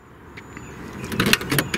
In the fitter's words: yeah do you hear that little click